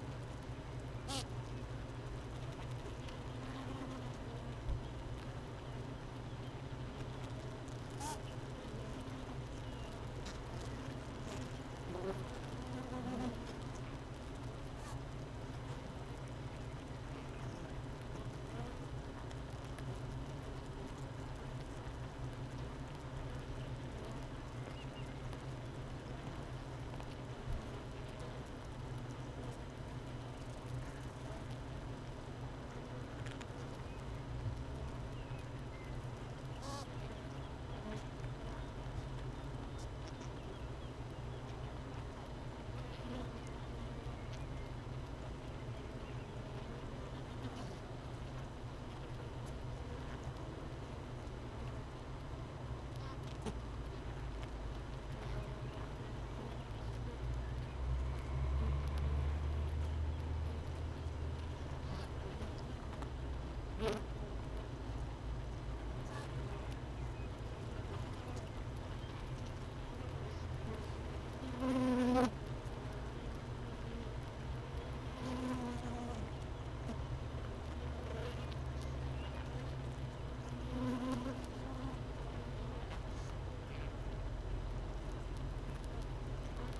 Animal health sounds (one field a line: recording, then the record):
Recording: honeybee colony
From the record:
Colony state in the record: missing queen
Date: 31 May 2018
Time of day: 13:40